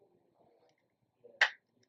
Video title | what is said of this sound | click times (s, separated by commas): ARC Mod by USV Review | you heard it that time you | 1.4 s